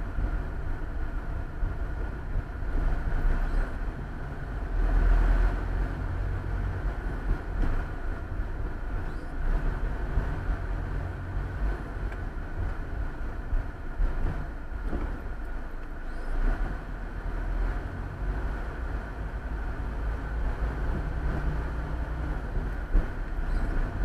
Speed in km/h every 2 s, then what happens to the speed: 26, 23, 26, 28, 28, 28, 22, 15, 17, 19, 21, 23.
0-10 steady at about 26. 10-14 slows to 15. 14-24 speeds up to 23.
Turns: none.